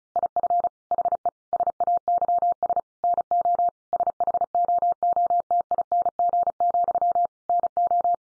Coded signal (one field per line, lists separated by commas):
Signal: Morse code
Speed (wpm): 34 wpm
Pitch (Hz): 700 Hz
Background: none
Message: IF HE SAYS NO SHOOTING, NO